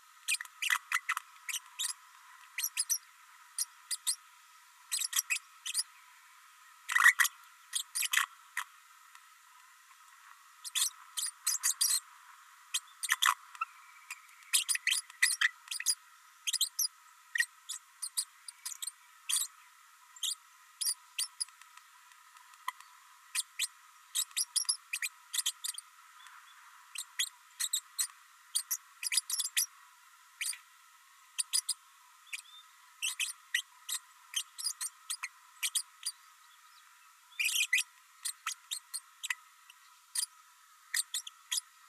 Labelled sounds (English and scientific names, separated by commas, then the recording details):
Green-rumped Parrotlet (Forpus passerinus) babbling
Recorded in a nest box in Venezuela
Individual 18B104A3